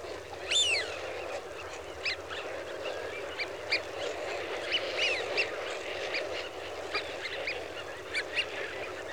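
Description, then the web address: Eurasian wigeon flock calling: many overlapping whistles, with one loud sweeping whistle near the start. "BBC Sound Effects Library. Wigeon (Anas Penelope) Flock"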